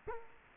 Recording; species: mosquito wingbeat signal from an infrared sensor; Culex quinquefasciatus